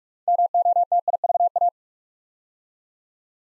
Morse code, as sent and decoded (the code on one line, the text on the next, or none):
-- --- - .. ...- .-
MOTIVA